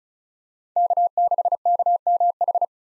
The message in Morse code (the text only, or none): K6KMH